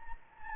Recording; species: mosquito wingbeat signal from an infrared sensor; Anopheles gambiae